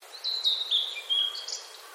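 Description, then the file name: Blue-and-white flycatcher song: thin, high whistled phrases, sliding slightly downward, delivered in short bursts over soft background hiss. "oruri"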